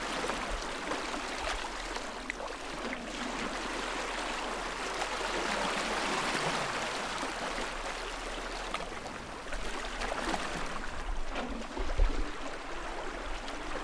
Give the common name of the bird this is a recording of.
Gentoo Penguin